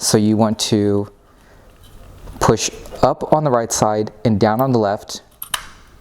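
Someone talks while the black retainer clip holding a xenon bulb in the headlight projector of a 2012-2015 Tesla Model S is pushed up on the right side and down on the left. Two short clicks at 5.4 s and 5.5 s mark the clip locking open, releasing the xenon bulb from the projector.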